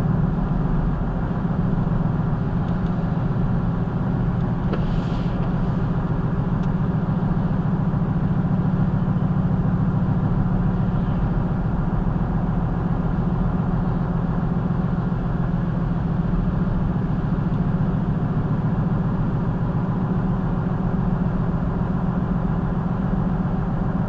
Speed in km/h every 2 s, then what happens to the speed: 63, 63, 63, 63, 61, 61, 64, 63, 63, 63, 64, 64.
0-24 steady at about 63.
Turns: none.